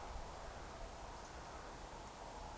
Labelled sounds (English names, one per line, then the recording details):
Eurasian Woodcock whistle
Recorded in Baden-Württemberg, Germany, on 29 June 2020 at 02:29 UTC
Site 43791, 788 m above sea level